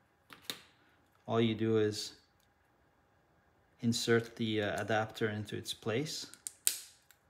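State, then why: Seated. An Anglerfish HDMI bulkhead adaptor is inserted into its place in a camera port after the two stiffener plates have been separated, while someone talks. The adaptor clicks into place with a sharp click at 6.7 s, seating firmly.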